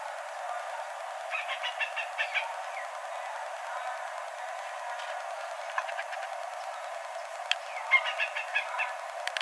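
Bird calls in short rapid clusters of dry, clicking notes, three bursts spread throughout over a steady hiss.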